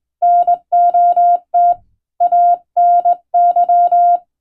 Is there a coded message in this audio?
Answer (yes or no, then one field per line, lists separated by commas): yes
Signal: Morse code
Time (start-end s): 0.2-4.2 s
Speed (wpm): 21 wpm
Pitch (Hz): 700 Hz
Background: none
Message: NOT ANY